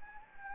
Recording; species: mosquito wingbeat signal from an infrared sensor; Anopheles gambiae